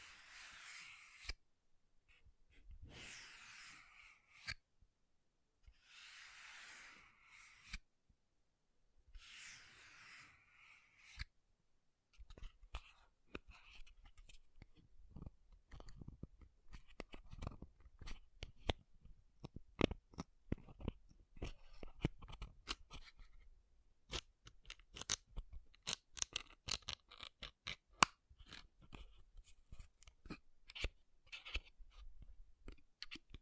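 Makeup tapping and scratching, opening with four separated bursts of bright scratchy rubbing, each about a second long, broken by sharp clicks. After about twelve seconds it turns into a dense, irregular run of quick taps and crackly scratches that continues to the end.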